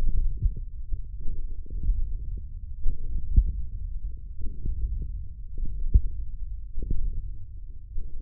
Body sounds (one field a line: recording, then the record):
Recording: forearm muscle sounds (acoustic myography)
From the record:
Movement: hand closing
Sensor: system 1, eight BSWA MPA416 microphones around the upper forearm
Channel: 7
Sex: male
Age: 20 years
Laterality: left